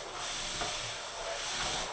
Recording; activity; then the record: daily activity, microphone in the room; vacuum cleaning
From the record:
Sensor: 5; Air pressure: 1000.2 hPa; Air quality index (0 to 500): 118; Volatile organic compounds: 1 ppm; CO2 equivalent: 939 ppm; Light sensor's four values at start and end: 143/336/145/157 and 143/337/145/157